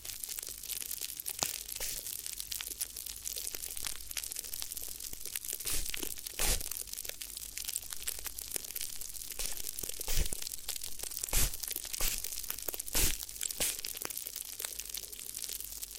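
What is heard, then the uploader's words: Crinkly material is rubbed and squeezed in a continuous ear massage, producing dense, bright crackling throughout. Sharper crunches stand out every second or two, notably near 6, 10, 11.5 and 13 seconds, over a constant low rumble. ASMR Addictive Crinkly Ear Massage (No Talking).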